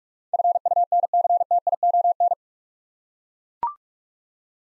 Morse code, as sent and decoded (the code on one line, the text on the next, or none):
..-. ..- -. -.-. - .. --- -.
FUNCTION